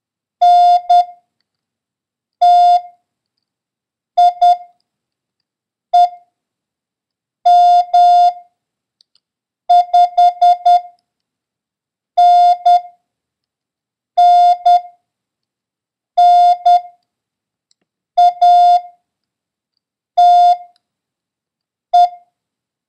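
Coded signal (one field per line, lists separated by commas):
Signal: Morse code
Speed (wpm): 10 wpm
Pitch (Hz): 710 Hz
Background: none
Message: NTIEM5NNNATE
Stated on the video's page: Morse code lesson drill covering the letters M, A, N and the number 0, with a random run of letters.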